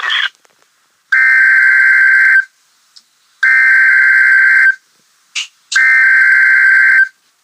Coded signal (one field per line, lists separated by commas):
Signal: Emergency Alert System (SAME) tones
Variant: header bursts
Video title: EAS 77 - Special Marine Warning Choctahatchee Bay FL 02/23/16